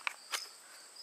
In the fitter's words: and the forward part of the blade actually rotates here before it snaps into place